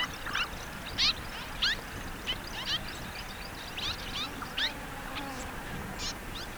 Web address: sound Orange-chat. صدای-پرنده-چک-نارنجی